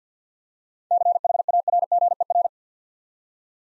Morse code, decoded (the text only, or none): CHARGER